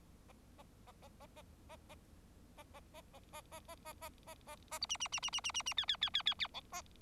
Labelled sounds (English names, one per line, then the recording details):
Bengalese Finch song
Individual Bird4